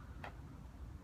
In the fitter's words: here the click over here on the side click the button put the one over